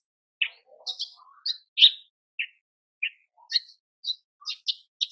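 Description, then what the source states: Horsfield's bush lark song, varied chirps, brief whistles and quick trills at a high pitch, delivered in an uneven, chattering sequence with short pauses. Masteran for training cage birds; a very active, vigorous singer.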